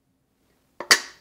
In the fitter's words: We're just gonna povert it over each other and slowly just lower it until it snaps.